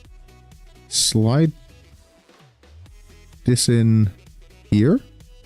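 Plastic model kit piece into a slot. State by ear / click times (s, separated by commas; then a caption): not seated / none. A rotated plastic piece is being slid toward its slot on a Moderoid Dynazenon model kit while someone talks over background music. Only faint handling taps are heard, close to the music's beat. Nothing has seated or clicked yet.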